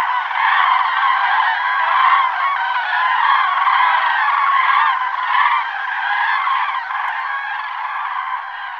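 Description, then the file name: Common cranes calling together in a continuous, dense chorus of overlapping trumpeting notes with no pauses. "Jerab popelavy Grus grus"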